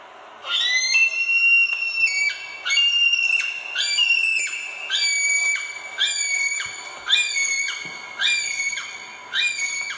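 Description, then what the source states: Kiwi calling: a long series of shrill, high whistled notes separated by brief gaps. Male; high screaming call designed to travel through forest; pairs feed apart but keep in contact by calling; Stewart Island, New Zealand.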